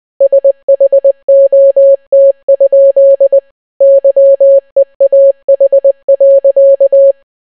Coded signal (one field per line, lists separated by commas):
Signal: Morse code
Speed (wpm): 20 wpm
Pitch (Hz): 550 Hz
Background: none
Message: SHOT? YEAH.